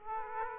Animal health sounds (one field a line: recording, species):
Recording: mosquito wingbeat signal from an infrared sensor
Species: Aedes aegypti